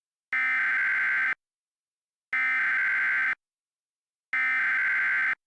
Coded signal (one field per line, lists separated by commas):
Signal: Emergency Alert System (SAME) tones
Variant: header bursts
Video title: EAS SCENARIO: The Ultimate Hijacking *Valid EAS tones